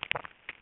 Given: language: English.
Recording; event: throat vibration sensor signal played as sound; swallow